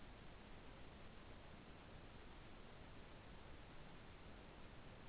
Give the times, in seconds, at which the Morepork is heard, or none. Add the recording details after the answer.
none. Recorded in New Zealand. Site Taranaki